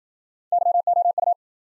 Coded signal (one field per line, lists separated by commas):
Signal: Morse code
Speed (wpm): 53 wpm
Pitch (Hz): 700 Hz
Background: none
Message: YOU